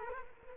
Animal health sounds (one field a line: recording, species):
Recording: mosquito wingbeat signal from an infrared sensor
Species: Culex quinquefasciatus